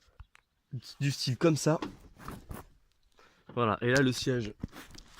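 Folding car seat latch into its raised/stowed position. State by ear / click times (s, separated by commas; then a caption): not seated / none. Someone talks while handling the folding rear seat of a 1988 Citroën Axel, which is being lifted and pushed up toward its raised position. Faint short knocks and handling noises come between the speech. Nothing has seated or clicked into place yet.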